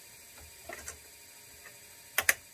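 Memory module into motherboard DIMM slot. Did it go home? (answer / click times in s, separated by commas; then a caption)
yes / 2.2 s, 2.3 s. A desktop memory module is aligned with the DIMM slot on the motherboard of a Dell OptiPlex 3010 small form factor and pushed down until the retention clips snap. Faint handling taps come at 0.7 and 0.9 s, then two sharp, bright snaps at 2.2 and 2.3 s. The RAM is seated.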